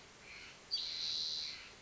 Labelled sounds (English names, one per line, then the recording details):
Spotted Towhee
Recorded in Sonoma County, California